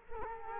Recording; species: mosquito wingbeat signal from an infrared sensor; Culex quinquefasciatus